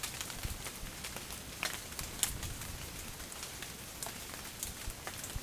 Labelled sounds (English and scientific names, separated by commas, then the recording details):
none
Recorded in dense forest near Puerto Asís, Putumayo, Colombia, on 30 June 2025 at 12:30
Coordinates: 0.503, -76.323
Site G059